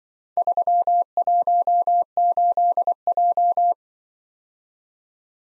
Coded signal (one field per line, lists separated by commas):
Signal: Morse code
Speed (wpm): 23 wpm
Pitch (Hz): 700 Hz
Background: none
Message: 318J